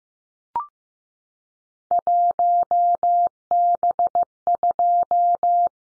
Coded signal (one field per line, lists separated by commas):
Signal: Morse code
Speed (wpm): 15 wpm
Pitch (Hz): 700 Hz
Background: none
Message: 1B2